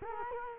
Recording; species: mosquito wingbeat signal from an infrared sensor; Culex quinquefasciatus